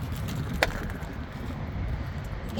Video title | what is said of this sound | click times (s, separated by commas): Replace coolant fliter DD13 DD15 Freightliner | just heard it click on | 0.6 s